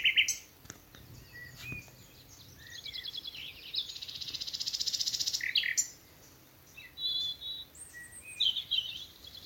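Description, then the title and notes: Common nightingale song with a long, fast, rattling run of repeated notes between brief chirped phrases. Nightingales singing from thickets in a Dorset wood, evening as the dew falls, Alners Gorse nature reserve run by Butterfly Conservation, Dorset. "Sound Escape 11: the glorious song of nightingales from a Dorset wood. it's evening at Alners Gorse, a nature reserve in Dorset run by Butterfly Conservation. As the dew falls, the extraordinary song of nightingales rises from the thickets. Recorded by Martin Maudsley"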